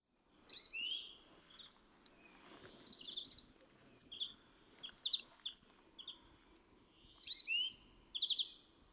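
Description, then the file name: European greenfinch twittering with short chirps and quick buzzy trills in loose succession, against soft background hiss. "Chloris chloris"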